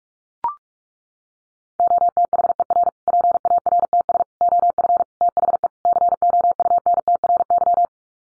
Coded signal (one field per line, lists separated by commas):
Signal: Morse code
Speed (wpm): 44 wpm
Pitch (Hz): 700 Hz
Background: none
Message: OTHER PARTS OF THE COUNTRY